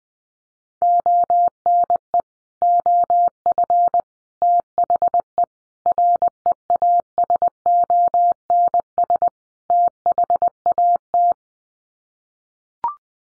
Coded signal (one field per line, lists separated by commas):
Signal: Morse code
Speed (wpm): 20 wpm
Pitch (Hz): 700 Hz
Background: none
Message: ONE OF THE REASONS THAT